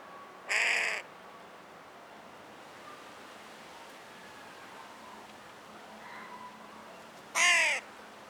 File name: Corvus corone